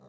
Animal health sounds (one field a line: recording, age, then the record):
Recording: pig call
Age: piglet (1 to 25 days)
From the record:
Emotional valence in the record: negative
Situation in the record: short isolation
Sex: female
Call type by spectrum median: low-frequency call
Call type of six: low-frequency stable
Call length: 0.09 s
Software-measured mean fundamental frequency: 58 Hz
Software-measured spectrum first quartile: 191 Hz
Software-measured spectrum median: 422 Hz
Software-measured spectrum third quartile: 728 Hz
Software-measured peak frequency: 605 Hz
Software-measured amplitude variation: 13 dB a second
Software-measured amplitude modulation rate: 5.5 a second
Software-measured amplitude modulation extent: 2.4 dB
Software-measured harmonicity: 1.1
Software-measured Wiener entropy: 0.38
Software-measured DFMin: 865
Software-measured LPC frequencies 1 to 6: 541, 1150, 3839, 5910, 6863, 7850 Hz